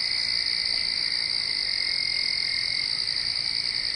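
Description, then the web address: Crickets in a dense, continuous high trilling chorus with no pauses. "nature crickets"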